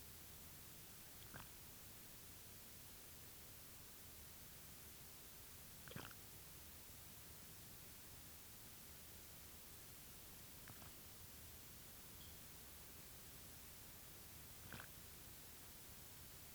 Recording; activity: daily activity, guitar pickup as the sensor; drink water